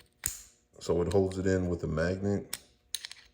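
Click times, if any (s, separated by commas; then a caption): 0.3 s. A screwdriver bit is pushed into the tip of a Canadian-made Picquic multibit screwdriver and snaps into place with a sharp click at 0.3 s, seating it with a positive click. Someone then talks, and the bit is held in by a magnet, followed by a few more sharp clicks near the end.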